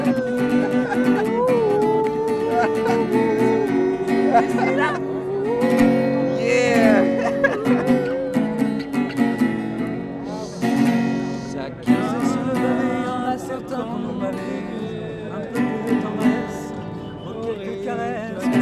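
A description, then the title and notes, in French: A Nuit Debout gathering at Place du Bouffay in Nantes: one voice speaks steadily and continuously over a constant murmur of crowd chatter. Nuit Debout à Nantes Place du Bouffay.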